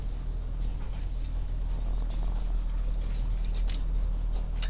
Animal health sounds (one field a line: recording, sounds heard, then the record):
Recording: poultry house recording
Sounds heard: sick chickens (respiratory disease)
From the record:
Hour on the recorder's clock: 11